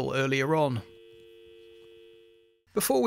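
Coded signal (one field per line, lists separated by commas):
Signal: telephone call progress tone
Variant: UK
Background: speech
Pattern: dial tone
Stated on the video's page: Tones from a Jacob Jensen T3 telephone being repaired.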